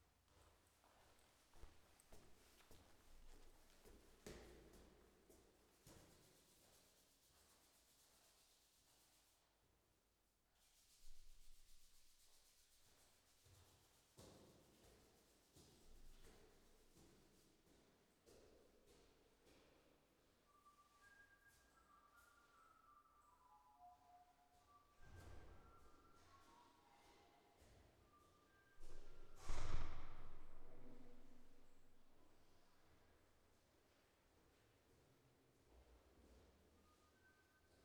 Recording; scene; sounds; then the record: everyday scene through a hearing-aid microphone; reverberant space; background noise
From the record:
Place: staircase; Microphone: behind the ear, left, front